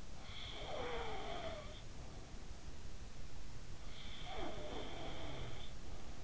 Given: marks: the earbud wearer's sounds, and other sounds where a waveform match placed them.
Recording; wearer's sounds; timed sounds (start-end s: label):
sounds in sleep by an in-ear microphone; snoring breath, breath
0.42-2.22 s: snoring breath
3.82-6.07 s: breath